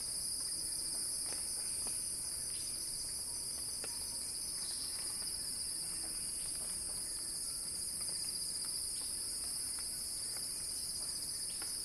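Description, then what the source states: Steady high-pitched cicada drone, layered and unbroken, with a few faint clicks beneath. Cicada crescendo; recorded by Axel Drioli.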